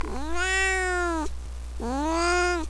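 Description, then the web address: Cat giving two drawn-out, plaintive meows separated by a short pause, over a low steady electrical hum. "neco cats"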